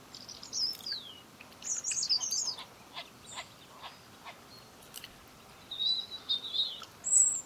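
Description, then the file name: European robin song: thin, high warbled phrases with pauses between them. "Erithacus rubecula"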